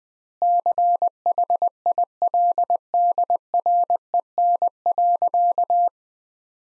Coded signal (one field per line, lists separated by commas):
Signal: Morse code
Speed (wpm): 20 wpm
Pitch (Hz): 700 Hz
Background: none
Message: CHILDREN.